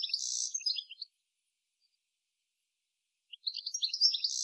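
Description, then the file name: European goldfinch twittering: a quick jangle of high tinkling notes, about two seconds of silence, then another lively twittered burst, in an otherwise silent background. "Carduelis carduelis"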